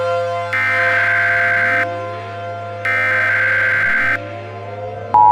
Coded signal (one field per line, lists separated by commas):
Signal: Emergency Alert System (SAME) tones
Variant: header bursts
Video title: EAS Short #2 Tornado Emergency For Fort Worth TX